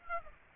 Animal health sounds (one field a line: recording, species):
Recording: mosquito wingbeat signal from an infrared sensor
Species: Aedes aegypti